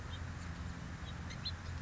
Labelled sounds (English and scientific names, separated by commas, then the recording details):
House Finch (Haemorhous mexicanus)
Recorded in Sonoma County, California